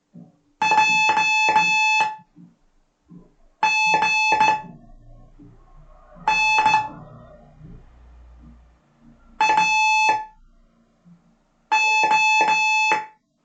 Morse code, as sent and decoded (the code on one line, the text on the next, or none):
.--- / --. / -. / .- / ---
J G N A O